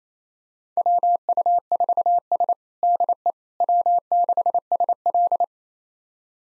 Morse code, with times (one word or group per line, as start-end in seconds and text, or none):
0.8-2.5 WU4S
2.8-3.3 DE
3.6-5.4 W6SL